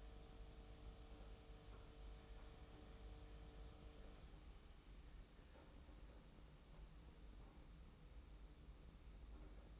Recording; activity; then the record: daily activity, microphone in the room; make coffee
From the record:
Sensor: 1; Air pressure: 991.7 hPa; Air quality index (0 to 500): 169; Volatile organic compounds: 1000 ppm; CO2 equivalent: 6374 ppm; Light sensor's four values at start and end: 33/109/42/44 and 33/109/42/44